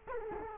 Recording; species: mosquito wingbeat signal from an infrared sensor; Culex quinquefasciatus